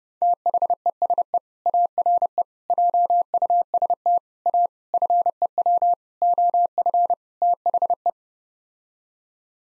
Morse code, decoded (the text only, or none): THESE ARE JUST A FEW OF THE